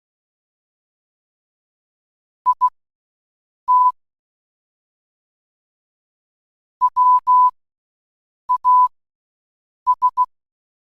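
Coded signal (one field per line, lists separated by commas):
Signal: Morse code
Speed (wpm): 16 wpm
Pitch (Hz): 1000 Hz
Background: none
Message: IT WAS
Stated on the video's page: Part of a Minecraft ARG story.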